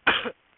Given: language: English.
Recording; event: throat vibration sensor signal played as sound; cough